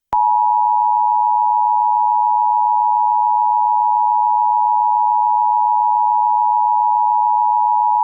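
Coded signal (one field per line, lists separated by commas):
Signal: Emergency Alert System (SAME) tones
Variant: 853 and 960 Hz attention tone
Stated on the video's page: Severe thunderstorm warning relayed by an FM station, recorded from its online live stream.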